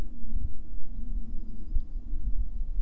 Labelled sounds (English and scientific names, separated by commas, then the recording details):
Eurasian Blue Tit (Cyanistes caeruleus)
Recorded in Germany
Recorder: ecoPi